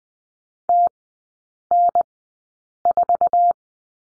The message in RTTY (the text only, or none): none